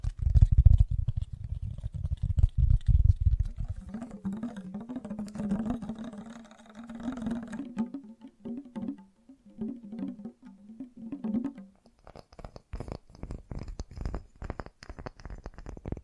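Fast, gentle tapping with a low rumble for four seconds, then a wavering hum through the middle, returning to crisp rapid taps near the end.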